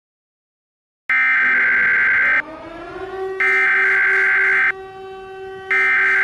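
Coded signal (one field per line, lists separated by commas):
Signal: Emergency Alert System (SAME) tones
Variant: header bursts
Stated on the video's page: Mock alert for a fictional global thermonuclear war.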